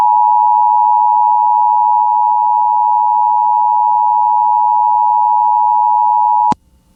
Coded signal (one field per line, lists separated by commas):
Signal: Emergency Alert System (SAME) tones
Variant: 853 and 960 Hz attention tone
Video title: (EAS #21) Oklahoma SEVERE THUNDERSTORM WARNING on KALT-FM